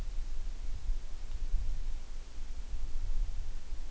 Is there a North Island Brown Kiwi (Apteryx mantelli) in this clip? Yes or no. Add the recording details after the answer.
no. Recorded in New Zealand on 9 June 2014. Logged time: 02:19